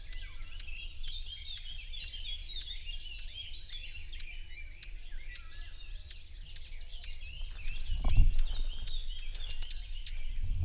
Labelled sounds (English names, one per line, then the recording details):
Common Whitethroat call
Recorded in the wild
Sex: pair
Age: adult
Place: Parsteinwerder, Parsteiner See, Brandenburg, DE
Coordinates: 52.9575, 13.9733
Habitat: wood
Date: 2007-06-06 06:10
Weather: overcast, ca. 15°C, no wind
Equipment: Sound Devices 702, Sennheiser MKH 416 T, Windkorb
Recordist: Frommolt, Karl-Heinz